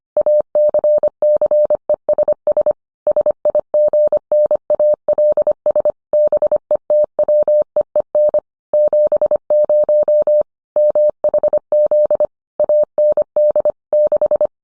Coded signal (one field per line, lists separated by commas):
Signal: Morse code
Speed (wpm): 25 wpm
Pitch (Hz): 600 Hz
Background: none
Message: ACCESS SIGNALS BETWEEN 70 MHZ AND 6